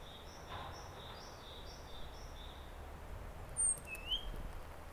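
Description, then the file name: Great tit giving a regular string of soft high note pairs, then a few brief sharp whistles over a low hum. "Parus major"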